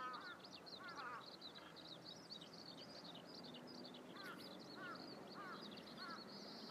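Eurasian skylark song, a rapid high warbling flow, joined by lower slurred whistled notes at intervals against a steady background hiss.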